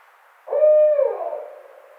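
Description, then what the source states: Barred owl giving a single loud drawn-out hoot, steady then sliding down and trailing off over about a second and a half. Recorded 2009-05-29.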